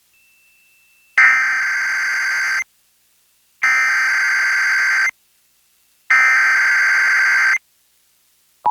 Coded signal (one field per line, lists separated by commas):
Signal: Emergency Alert System (SAME) tones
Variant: header bursts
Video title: EAS #767: EAS Required Monthly Test- May 9, 2023- 10:00AM PDT